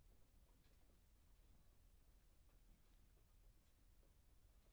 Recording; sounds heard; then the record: poultry house recording; no chicken sound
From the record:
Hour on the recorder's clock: 23